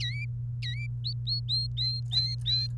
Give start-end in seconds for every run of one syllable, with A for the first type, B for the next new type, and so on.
0.00-0.25 A, 0.62-0.87 A, 1.04-2.67 B